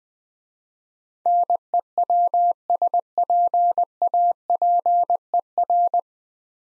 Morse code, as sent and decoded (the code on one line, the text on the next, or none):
-. . .-- ... .--. .- .--. . .-.
NEWSPAPER